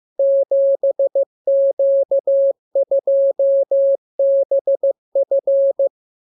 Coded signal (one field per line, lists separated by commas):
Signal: Morse code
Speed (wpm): 15 wpm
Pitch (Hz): 550 Hz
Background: none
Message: 7Q2BF